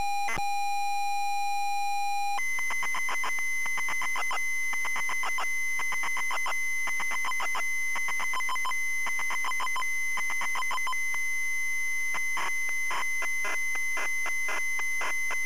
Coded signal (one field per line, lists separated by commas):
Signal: ZX Spectrum tape loading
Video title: ZX SPECTRUM Loading Cosmic Cruiser 1984 Imagine Software Ltd.